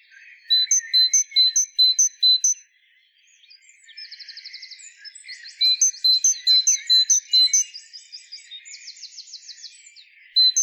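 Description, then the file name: Great tit giving a quick series of paired high and lower whistled notes, then busy buzzy trills and chirps join in. "Parus major"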